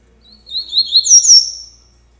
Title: Canto Coleiro